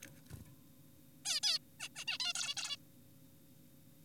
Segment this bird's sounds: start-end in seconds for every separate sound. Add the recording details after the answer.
1.26-1.40, 1.43-1.58, 1.80-1.89, 1.96-2.05, 2.08-2.18, 2.20-2.33, 2.35-2.55, 2.57-2.77. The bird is an adult. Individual g4p5U